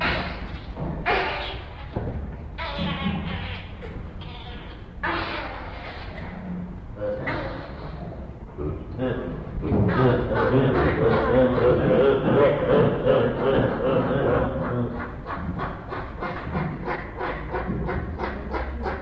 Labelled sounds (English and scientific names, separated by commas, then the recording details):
Hamadryas Baboon (Papio hamadryas)
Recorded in captivity
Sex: diverse
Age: diverse
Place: Zoo Berlin, Berlin, DE
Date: 1961-01-14 15:30
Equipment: Minifon, Kopie Smaragd
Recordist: Tembrock, Günter